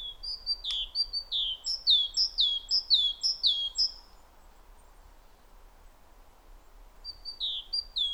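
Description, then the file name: Great tit singing high, swooping two-note phrases in a quick series, a pause of about three seconds, then the phrases start again. "Parus major"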